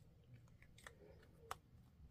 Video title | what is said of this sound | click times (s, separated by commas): Vintage and Antique Makeup Collection pt2 | not very satisfying click | 1.5 s